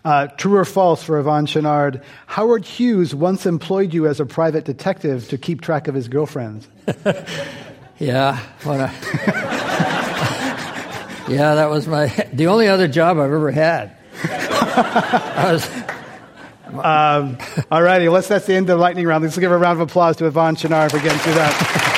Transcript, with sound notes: True or false for Yvon Chouinard. Howard Hughes once employed you as a private detective to keep track of his girlfriends?
Yeah.
[Laughter]
Yeah, that was my, the only other job I've ever had.
[Laughter]
Alrighty, that’s the end of lightning round. Let’s give a round of applause to Yvon Chouinard for getting through that.